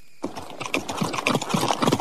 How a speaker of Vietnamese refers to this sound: Bỗng nghe tiếng gió ngựa vang lên, trên đường lớn cát bụi bay mù mịt. Hai con ngựa chạy nhanh đến. Đến trước quán, song mã dừng lại.